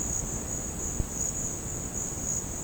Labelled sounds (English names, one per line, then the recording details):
none
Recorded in secondary vegetation near Puerto Asís, Putumayo, Colombia, on 13 March 2025 at 13:00
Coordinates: 0.481, -76.318
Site G097